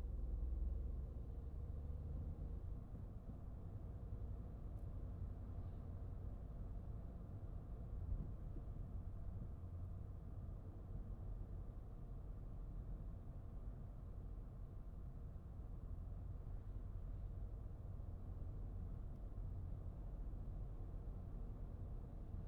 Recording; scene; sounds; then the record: everyday scene through a hearing-aid microphone; in a vehicle; engine, highway driving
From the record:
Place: Skoda Fabia, gasoline engine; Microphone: behind the ear, right, rear